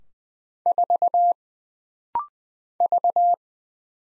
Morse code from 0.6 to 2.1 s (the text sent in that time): 4